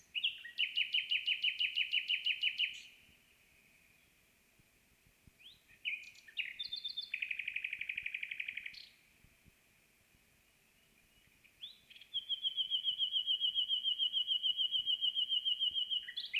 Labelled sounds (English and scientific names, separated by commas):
Common Nightingale (Luscinia megarhynchos) song